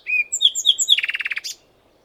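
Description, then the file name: Common nightingale song phrase: a few drawn whistled notes, then a rapid, evenly pulsed rattle, ending in a short higher note. "Luscinia megarhynchos"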